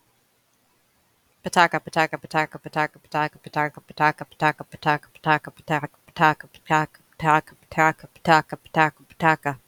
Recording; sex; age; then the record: repeated syllables /pa ta ka/; female; 20 to 29 years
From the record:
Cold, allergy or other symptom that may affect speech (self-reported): no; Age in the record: 27 years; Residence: Ohio, United States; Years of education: 13